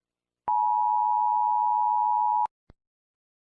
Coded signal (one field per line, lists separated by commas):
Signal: Emergency Alert System (SAME) tones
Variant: 853 and 960 Hz attention tone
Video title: This is a test of the emergency alert system